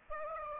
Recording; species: mosquito wingbeat signal from an infrared sensor; Aedes aegypti